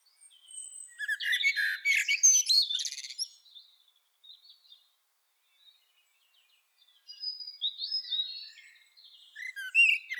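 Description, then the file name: Common blackbird giving a loud burst of squeaky, scratchy twitters, a long quieter gap with faint notes, then renewed high chirping phrases near the end. "Turdus merula"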